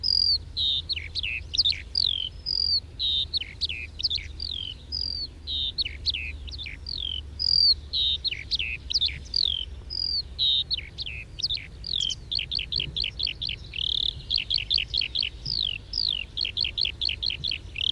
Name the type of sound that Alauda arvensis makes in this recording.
flight song